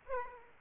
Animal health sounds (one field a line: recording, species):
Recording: mosquito wingbeat signal from an infrared sensor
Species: Aedes aegypti